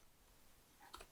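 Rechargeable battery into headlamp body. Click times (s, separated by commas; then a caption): 0.9 s. A rechargeable battery is put back into a Stoots Kiska 2 headlamp body during unboxing. A low, quiet background is broken by a brief scrape at around 0.8 s, then a single short, sharp tick at 0.9 s as the battery clicks into place and seats.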